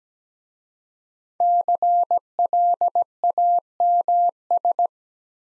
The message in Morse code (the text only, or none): CLAMS